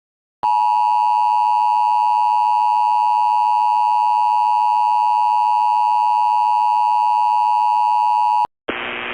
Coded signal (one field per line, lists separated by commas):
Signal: Emergency Alert System (SAME) tones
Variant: 853 and 960 Hz attention tone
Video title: EAS Mock: The Dust Storm Warning of 2006 (#LasVegasDSWChallenge)